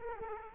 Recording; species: mosquito wingbeat signal from an infrared sensor; Culex quinquefasciatus